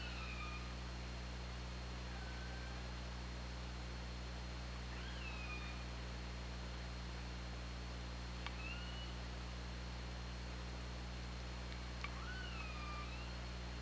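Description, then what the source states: Killer whale calls, several rising-and-falling harmonic tones repeated every few seconds, with a couple of sharp clicks, above steady hiss and a low droning hum. Recorded on an OrcaLab hydrophone, 24 August 2017.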